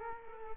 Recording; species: mosquito wingbeat signal from an infrared sensor; Culex quinquefasciatus